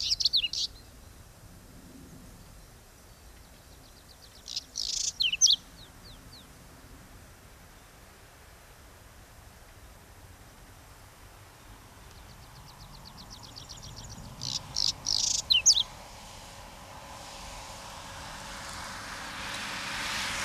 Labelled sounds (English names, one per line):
Whinchat song